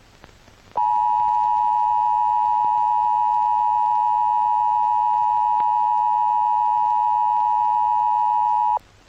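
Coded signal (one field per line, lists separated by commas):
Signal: Emergency Alert System (SAME) tones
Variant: 853 and 960 Hz attention tone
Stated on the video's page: Fictional EAS scenario tones.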